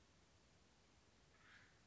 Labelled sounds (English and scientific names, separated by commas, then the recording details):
Acorn Woodpecker (Melanerpes formicivorus)
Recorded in Sonoma County, California